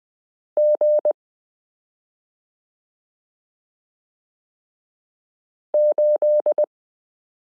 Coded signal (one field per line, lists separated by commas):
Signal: Morse code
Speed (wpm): 20 wpm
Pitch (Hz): 600 Hz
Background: none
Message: G8